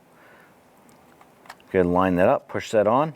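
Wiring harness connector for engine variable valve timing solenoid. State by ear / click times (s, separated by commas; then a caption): not seated / none. After the variable valve timing solenoid is tightened on a 2008-2013 Nissan Rogue engine, the plastic wiring harness connector for the solenoid is picked up and lined up before being pushed on. Only faint handling noises and a few light ticks are heard, and someone talks from about 1.7 s. The connector has not seated or clicked yet.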